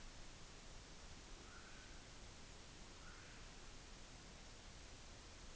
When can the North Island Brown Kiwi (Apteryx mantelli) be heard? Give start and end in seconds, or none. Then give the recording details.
0.00-3.83. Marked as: faintness 3/5. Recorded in New Zealand on 16 June 2014. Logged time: 02:19